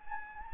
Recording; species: mosquito wingbeat signal from an infrared sensor; Anopheles gambiae